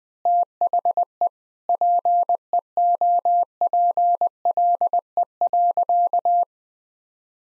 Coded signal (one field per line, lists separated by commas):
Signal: Morse code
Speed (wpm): 21 wpm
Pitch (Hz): 700 Hz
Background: none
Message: THE PEOPLE.